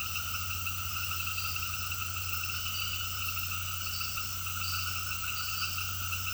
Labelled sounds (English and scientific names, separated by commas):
none